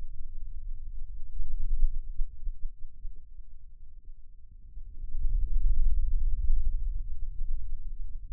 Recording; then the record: forearm muscle sounds (acoustic myography)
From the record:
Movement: radial deviation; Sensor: system 2, bracelet of six BSWA MPA416 microphones around the upper forearm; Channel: 1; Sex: male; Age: 22 years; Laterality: right